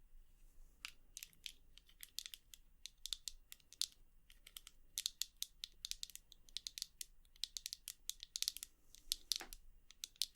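Quick, irregular tapping of sharp, bright clicks that cluster and crackle, starting after about a second and continuing densely throughout over a faint low hum.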